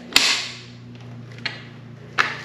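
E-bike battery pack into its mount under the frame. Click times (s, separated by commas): 0.2 s, 2.2 s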